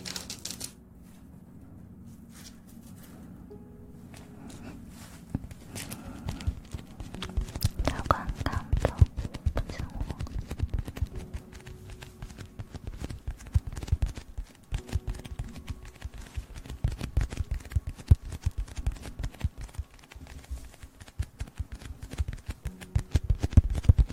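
Crunching sugar and wet aloe vera gel ear massage give dense, irregular clicks and squelches, quiet at first, busier and louder after five seconds.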